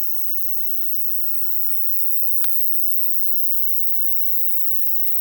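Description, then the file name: Insects produce a continuous high whirring chorus of steady layered tones, broken once by a sharp click and a few faint low taps. "Japan Kashiwa Town Night Bug MS"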